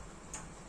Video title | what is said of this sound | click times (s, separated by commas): How To Fix Quartz Alarm Clock Not Working? Step by Step Replace Clock Movement Kit | You can hear the click sound. | 0.3 s